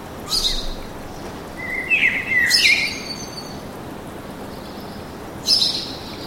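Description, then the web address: Birds calling: a high chirp, a longer chirping phrase in the middle, then a final sharp chirp. Birds singing in a park with an urban atmosphere. "sonido de la atmosfera urbana con pajaros cantando en el parque"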